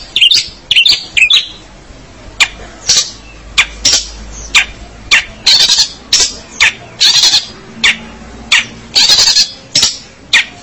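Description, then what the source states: Long-tailed shrike song of loud, rasping, harsh bursts, repeated many times. Indonesian local name pentet; labelled 201703.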